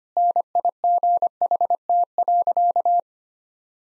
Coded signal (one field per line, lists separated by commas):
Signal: Morse code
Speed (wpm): 25 wpm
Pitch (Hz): 700 Hz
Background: none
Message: NIGHT.